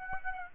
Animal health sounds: mosquito wingbeat signal from an infrared sensor; Aedes aegypti

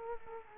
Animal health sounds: mosquito wingbeat signal from an infrared sensor; Culex quinquefasciatus

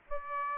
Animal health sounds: mosquito wingbeat signal from an infrared sensor; Aedes aegypti

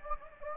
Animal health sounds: mosquito wingbeat signal from an infrared sensor; Anopheles gambiae

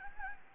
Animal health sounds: mosquito wingbeat signal from an infrared sensor; Anopheles gambiae

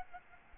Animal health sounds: mosquito wingbeat signal from an infrared sensor; Aedes albopictus

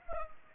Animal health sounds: mosquito wingbeat signal from an infrared sensor; Culex pipiens

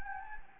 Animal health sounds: mosquito wingbeat signal from an infrared sensor; Anopheles gambiae

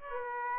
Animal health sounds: mosquito wingbeat signal from an infrared sensor; Aedes aegypti

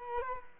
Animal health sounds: mosquito wingbeat signal from an infrared sensor; Culex quinquefasciatus

